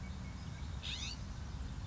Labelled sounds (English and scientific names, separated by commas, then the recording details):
California Scrub-Jay (Aphelocoma californica)
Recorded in Sonoma County, California